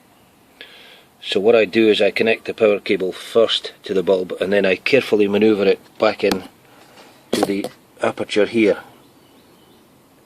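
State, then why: Not seated. A xenon headlight bulb, with its power cable already attached, is carefully maneuvered back into the aperture of the headlamp unit on a Vauxhall Insignia while someone talks. The bulb is only being lined up here, and nothing has locked or clicked into place yet.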